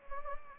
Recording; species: mosquito wingbeat signal from an infrared sensor; Anopheles gambiae